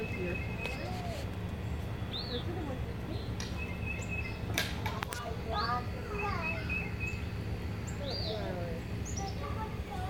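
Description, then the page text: Bicknell's thrush calls, short arched notes at intervals of about three seconds, with other chirps, soft twittering and some clicks over a steady low rumble. Recorded in Maryland. "Bicknell's Thrush"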